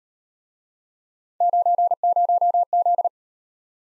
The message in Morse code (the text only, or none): 90Z